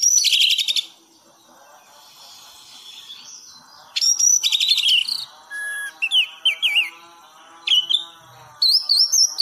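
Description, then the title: Thrush song opening with a rapid trill, a long quiet gap, then lively sequences of looping whistles and sharp notes. Masteran song in the 'gacor teler' style, used for training pet birds. "anis gacor teler"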